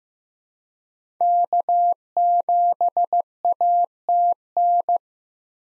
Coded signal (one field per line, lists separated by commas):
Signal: Morse code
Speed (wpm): 15 wpm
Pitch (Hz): 700 Hz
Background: none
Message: K7ATN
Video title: 2023 SOTA Chaser Call Signs - 15wpm